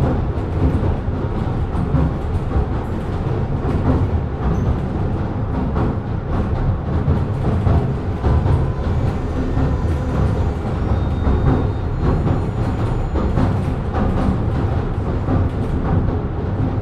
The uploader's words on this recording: Recording of a ride on an oldtime passenger train at Southend-on-Sea Pier. Recorded with Sony PCM D100. Oldtime Train Ride.